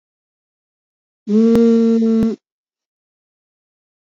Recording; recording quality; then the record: sustained vowel as in made; poor, much background noise or distortion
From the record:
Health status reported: recovered from COVID-19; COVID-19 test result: positive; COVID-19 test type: RT-PCR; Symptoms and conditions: cough, cold, sore throat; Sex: female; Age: 41 years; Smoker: no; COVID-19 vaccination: both doses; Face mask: worn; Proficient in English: yes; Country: India